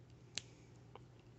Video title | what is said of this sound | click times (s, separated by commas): Let's Build a Gundam! Part 3: An Arm and a Leg | pops into place right there | 0.4 s